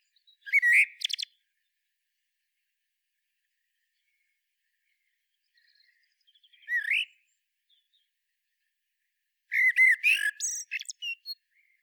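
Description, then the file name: Common blackbird with a short whistled phrase and chatter, a lone rising note midway, then a longer phrase of whistles and squeaky twitters near the end. "Turdus merula"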